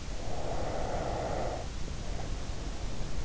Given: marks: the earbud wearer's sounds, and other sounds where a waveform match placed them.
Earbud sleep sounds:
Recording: sounds in sleep by an in-ear microphone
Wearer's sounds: breath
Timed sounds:
0.07-3.15 s: breath

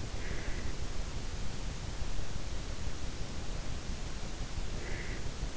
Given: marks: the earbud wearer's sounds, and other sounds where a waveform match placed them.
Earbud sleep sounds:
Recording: sounds in sleep by an in-ear microphone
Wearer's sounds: breath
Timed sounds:
0.10-0.73 s: breath
4.70-5.24 s: breath

